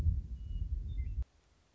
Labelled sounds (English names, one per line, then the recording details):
Western Meadowlark
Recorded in Sonoma County, California